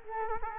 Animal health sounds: mosquito wingbeat signal from an infrared sensor; Culex quinquefasciatus

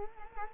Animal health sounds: mosquito wingbeat signal from an infrared sensor; Culex quinquefasciatus

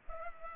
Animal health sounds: mosquito wingbeat signal from an infrared sensor; Culex pipiens

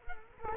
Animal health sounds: mosquito wingbeat signal from an infrared sensor; Culex quinquefasciatus

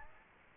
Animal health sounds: mosquito wingbeat signal from an infrared sensor; Aedes aegypti

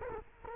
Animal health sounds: mosquito wingbeat signal from an infrared sensor; Culex quinquefasciatus

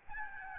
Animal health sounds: mosquito wingbeat signal from an infrared sensor; Aedes albopictus

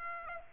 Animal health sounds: mosquito wingbeat signal from an infrared sensor; Aedes aegypti

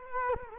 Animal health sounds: mosquito wingbeat signal from an infrared sensor; Culex quinquefasciatus

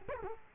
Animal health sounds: mosquito wingbeat signal from an infrared sensor; Culex quinquefasciatus

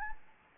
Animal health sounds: mosquito wingbeat signal from an infrared sensor; Anopheles gambiae

